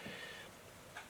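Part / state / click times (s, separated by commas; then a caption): torque wrench on transfer case output shaft nut / torque reached / 1.0 s. A torque wrench tightens the castle nut on the output shaft of a Willys CJ3A transfer case during a rebuild, with low steady noise as it is pulled. The wrench gives a sharp click at 1.0 s, reaching its setting, though the nut still needs a little more turn to line up with the cotter pin hole.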